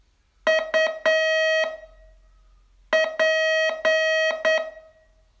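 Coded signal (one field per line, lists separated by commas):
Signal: Morse code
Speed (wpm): 8 wpm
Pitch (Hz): 640 Hz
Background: none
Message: UP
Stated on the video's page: Morse code training lesson, day 27 of a 42-day course.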